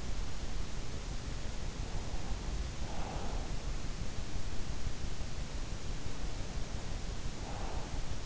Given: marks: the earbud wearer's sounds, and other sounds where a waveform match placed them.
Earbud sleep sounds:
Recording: sounds in sleep by an in-ear microphone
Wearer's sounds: breath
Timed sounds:
1.48-3.94 s: breath
7.02-8.22 s: breath

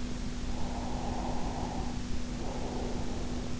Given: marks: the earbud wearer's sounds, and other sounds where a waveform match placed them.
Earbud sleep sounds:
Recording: sounds in sleep by an in-ear microphone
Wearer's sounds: breath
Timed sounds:
0.52-3.38 s: breath

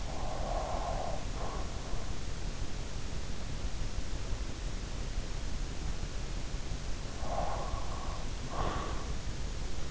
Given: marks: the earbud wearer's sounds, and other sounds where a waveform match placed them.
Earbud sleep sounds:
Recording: sounds in sleep by an in-ear microphone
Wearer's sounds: breath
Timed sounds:
0.00-1.69 s: breath
7.17-9.50 s: breath

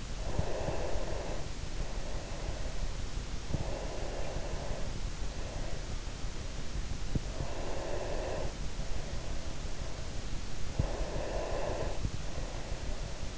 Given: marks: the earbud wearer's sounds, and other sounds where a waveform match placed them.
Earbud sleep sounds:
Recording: sounds in sleep by an in-ear microphone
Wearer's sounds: breath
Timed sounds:
0.42-3.02 s: breath
3.80-6.27 s: breath
6.91-9.64 s: breath
10.55-13.02 s: breath

